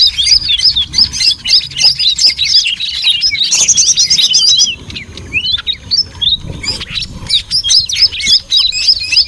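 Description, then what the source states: Birds in a busy chatter of sharp, twittering chirps, with a high rapid trill around the fourth second before the chatter resumes. Noisy bird chatter, used as a lure to attract birds.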